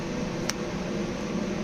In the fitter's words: it seats in place, and you will feel and maybe even hear an audible click.